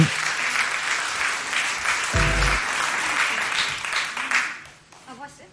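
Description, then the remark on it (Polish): Steady audience applause at an award ceremony as theatre-category jury members are invited up: a dense wash of many hands clapping at even loudness for about four seconds, with a brief low tonal blip in the middle, then tapering off into scattered claps. “Brawa.”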